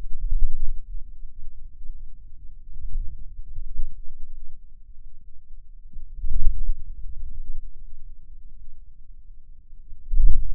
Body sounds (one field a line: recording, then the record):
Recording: forearm muscle sounds (acoustic myography)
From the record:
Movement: wrist flexion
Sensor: system 2, bracelet of six BSWA MPA416 microphones around the upper forearm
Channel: 5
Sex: male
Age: 22 years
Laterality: right